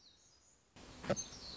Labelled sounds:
Black-throated Gray Warbler (Setophaga nigrescens)
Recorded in Sonoma County, California

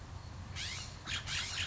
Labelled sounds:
California Scrub-Jay (Aphelocoma californica)
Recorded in Sonoma County, California

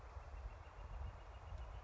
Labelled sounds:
Northern Flicker (Colaptes auratus)
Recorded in Sonoma County, California

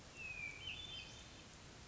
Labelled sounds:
Hermit Thrush (Catharus guttatus)
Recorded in Sonoma County, California

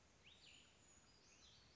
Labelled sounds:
Cassin's Vireo (Vireo cassinii)
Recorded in Sonoma County, California

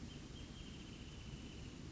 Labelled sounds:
Wrentit (Chamaea fasciata)
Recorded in Sonoma County, California

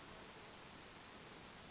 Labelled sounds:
Western Flycatcher (Empidonax difficilis)
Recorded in Sonoma County, California

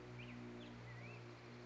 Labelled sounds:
Black-headed Grosbeak (Pheucticus melanocephalus)
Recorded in Sonoma County, California

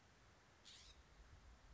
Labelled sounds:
California Scrub-Jay (Aphelocoma californica)
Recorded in Sonoma County, California

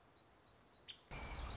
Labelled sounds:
Nuttall's Woodpecker (Dryobates nuttallii)
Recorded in Sonoma County, California

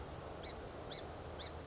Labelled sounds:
Song Sparrow (Melospiza melodia)
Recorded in Sonoma County, California

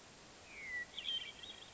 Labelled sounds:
Hermit Thrush (Catharus guttatus)
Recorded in Sonoma County, California

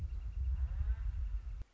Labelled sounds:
Northern Flicker (Colaptes auratus)
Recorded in Sonoma County, California

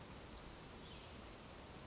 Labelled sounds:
Western Flycatcher (Empidonax difficilis)
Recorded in Sonoma County, California

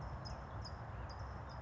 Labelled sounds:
California Towhee (Melozone crissalis)
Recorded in Sonoma County, California

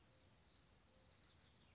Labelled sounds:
California Towhee (Melozone crissalis)
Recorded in Sonoma County, California

